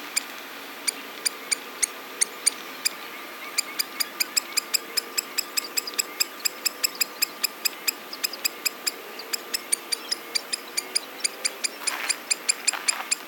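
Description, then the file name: Black-necked stilt calls as rapid, sharp, barking notes in a dense series, with a brief rough scratchy sound near the end. "Himantopus mexicanus - Black-necked Stilt"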